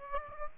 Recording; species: mosquito wingbeat signal from an infrared sensor; Aedes aegypti